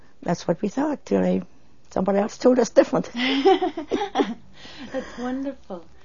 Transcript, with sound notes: that's what we thought until somebody else told us different. ( she laughs )
That's wonderful.